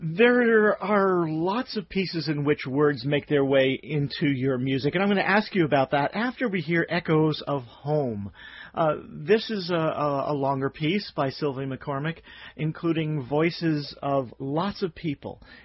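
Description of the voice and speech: Clear, fluent adult male speech at an even pace with natural pauses; an ordinary voice, radio-interview style.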